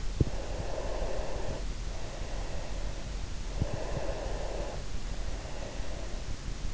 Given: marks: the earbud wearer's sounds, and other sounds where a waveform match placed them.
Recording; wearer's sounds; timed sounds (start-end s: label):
sounds in sleep by an in-ear microphone; breath
0.27-3.32 s: breath
3.71-6.70 s: breath